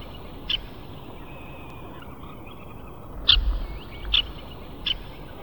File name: suara panggilan burung red necked phalarope omkicau